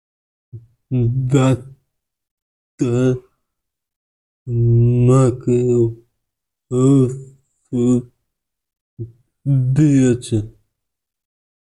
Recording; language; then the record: elicited speech; Bengali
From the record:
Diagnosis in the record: Broca's or global aphasia after a stroke